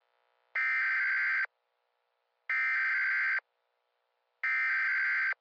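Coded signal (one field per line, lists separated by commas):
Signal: Emergency Alert System (SAME) tones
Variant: header bursts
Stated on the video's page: Fake EAS scenario with valid EAS tones; simulated.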